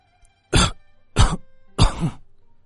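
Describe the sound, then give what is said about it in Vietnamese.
An old emperor's dry coughing fit after laughing: three harsh, raspy coughs in quick succession, each a sharp burst trailing off into a throaty rasp, loud against an otherwise quiet background. “Lão Hoàng đế cười hiền hậu, nhưng lại dẫn đến một trận ho khan.”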